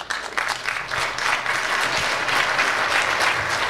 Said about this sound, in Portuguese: Essa merece palmas.